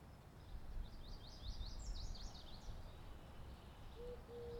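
Birds: bird chirps in a quick run of high downslurred notes, followed by two low flat whistles at the end, with low rumbling noise throughout.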